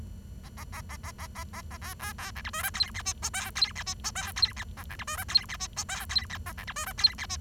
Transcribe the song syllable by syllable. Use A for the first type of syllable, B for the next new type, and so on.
A A A A A A A A A B B B C D E F G H I J K G H I J K G H A C D E F G H I J K G H A C D E F G H I